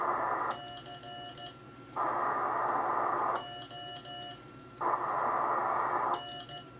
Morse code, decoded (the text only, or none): CON